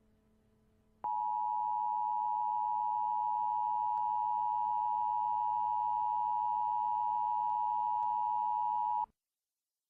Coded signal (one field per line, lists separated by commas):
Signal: Emergency Alert System (SAME) tones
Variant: 853 and 960 Hz attention tone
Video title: EAS Mini-Scenario: Fight. (REUPLOAD)